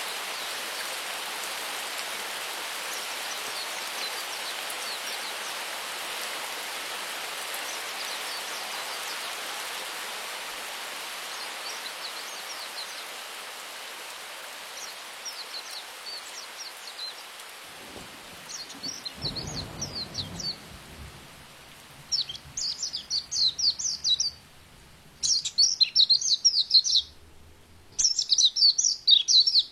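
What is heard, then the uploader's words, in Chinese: Rainforest sounds: a steady hiss of rain and running water fills the first two-thirds, with high bird chirps repeating faintly through it. Past twenty seconds the hiss thins and drops out in gaps, leaving brighter, louder bursts of bird calls and a brief low rumble. 雨林，鸟儿，小溪，水流，下雨。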